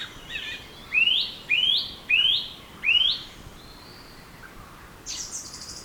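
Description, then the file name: Bird song: four rising whistled slurs repeated about every 0.6 seconds, with softer chirps before and a high buzzy note at the end. "birds singing in forest"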